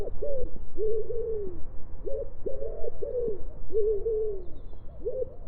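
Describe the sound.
Bird giving low, hollow coos in an uneven series, short clipped notes alternating with longer drawn-out ones, over a constant low-pitched background hum.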